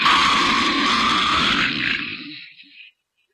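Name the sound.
imitated snoring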